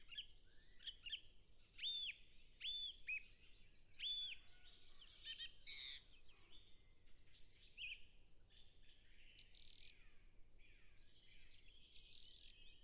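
Song thrush song: an arched whistled note repeated several times, followed by varied chattering and scratchy phrases.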